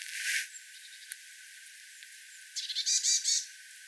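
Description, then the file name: Eurasian blue tit call near the end: rapid high notes then three buzzy, scolding notes, preceded by a brief rushing noise and a faint click. "Cyanistes caeruleus"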